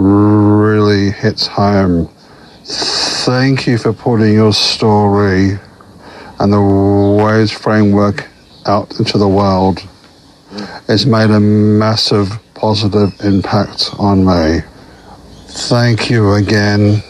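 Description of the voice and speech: A low-pitched adult male voice speaks slowly and deliberately, with stretched vowels and word endings and pauses of about a second between phrases. These prolonged sounds and broken phrasing fit a mild stutter in a man who has recently attended a McGuire Programme speech course.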